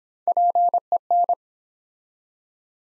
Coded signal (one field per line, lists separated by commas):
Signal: Morse code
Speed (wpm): 26 wpm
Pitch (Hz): 700 Hz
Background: none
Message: PEN